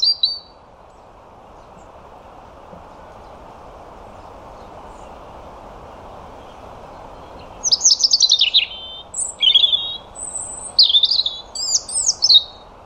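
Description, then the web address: European robin song: after a brief opening note and a long quiet stretch of background hiss, a fluid burst of high warbled notes and trills with sharp falling and rising strokes. "Deverinetal 2025 File origin Bird Only Er Ru"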